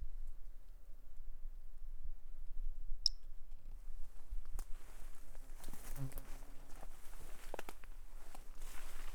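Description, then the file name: Toadlet call: a single quick, high chirp-like note, followed by rustling, scraping and handling noises. A single individual, numbered 08, not collected, recorded on 10 March 2016. "Brachycephalus tridactylus individual 08 not collected 160310"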